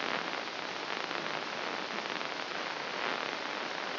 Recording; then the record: brain microelectrode recording played as sound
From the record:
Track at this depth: inside the subthalamic nucleus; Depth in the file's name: 1.937 mm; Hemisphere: left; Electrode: 2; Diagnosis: Parkinson's disease